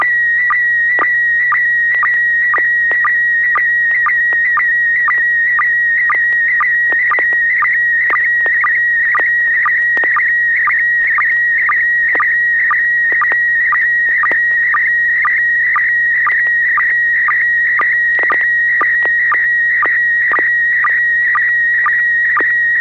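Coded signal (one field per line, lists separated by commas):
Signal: SSTV (slow-scan television)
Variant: PD120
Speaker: and I'm going about to share an image myself this will be pd120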